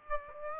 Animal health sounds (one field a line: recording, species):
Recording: mosquito wingbeat signal from an infrared sensor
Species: Aedes aegypti